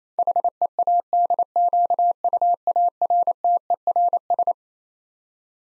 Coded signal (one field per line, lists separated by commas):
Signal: Morse code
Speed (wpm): 28 wpm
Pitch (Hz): 700 Hz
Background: none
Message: HEADQUARTERS